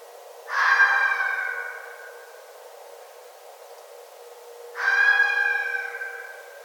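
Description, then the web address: Red fox uttering two loud, hoarse, wailing screams about four seconds apart, each fading over a second or more, over a faint steady hiss. Recorded 9 December 2011. "Red Fox 2011 12 09"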